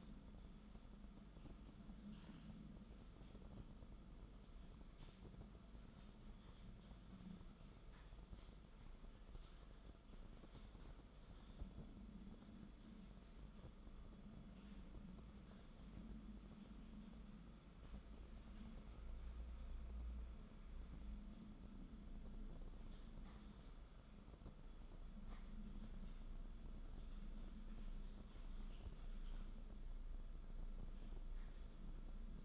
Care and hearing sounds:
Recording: daily activity, microphone in the room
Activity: typing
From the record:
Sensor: 5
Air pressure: 994.5 hPa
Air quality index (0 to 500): 171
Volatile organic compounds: 622 ppm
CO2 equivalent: 4963 ppm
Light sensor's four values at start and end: 9/23/9/10 and 9/23/9/10

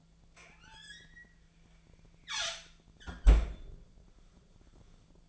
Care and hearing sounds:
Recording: daily activity, microphone in the room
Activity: close fridge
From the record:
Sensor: 5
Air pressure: 1009.8 hPa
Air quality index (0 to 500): 164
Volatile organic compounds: 4 ppm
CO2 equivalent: 1597 ppm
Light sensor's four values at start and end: 114/292/122/130 and 112/288/120/128

